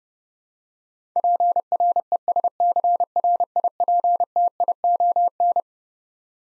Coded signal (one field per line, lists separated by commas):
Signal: Morse code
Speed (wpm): 32 wpm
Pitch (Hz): 700 Hz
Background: none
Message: PRESCRIPTION